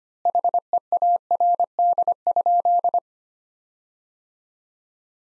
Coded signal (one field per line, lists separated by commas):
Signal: Morse code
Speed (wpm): 25 wpm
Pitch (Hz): 700 Hz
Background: none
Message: HEARD?